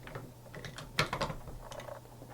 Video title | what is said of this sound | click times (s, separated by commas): A Quick Look At The MG34 | then make sure it's locked into place. | 1.0 s